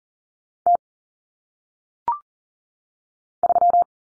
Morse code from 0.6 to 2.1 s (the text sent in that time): T